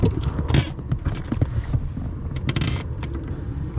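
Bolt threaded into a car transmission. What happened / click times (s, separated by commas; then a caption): The bolt thread stripped / 2.5 s, 2.6 s, 2.7 s. A steel bolt or screw threaded into a GTI's manual transmission is turned with barely any pressure over a steady low rumble. A quick cluster of sharp metallic snaps at 2.5, 2.6, 2.6 and 2.7 seconds marks the thread slipping. The bolt's thread strips.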